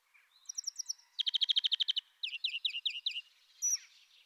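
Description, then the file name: European greenfinch song opening with a buzzy note and a short series of chirps, then a fast even trill of about a dozen chirps and a slower run of rolling, twittering notes. "Groenling"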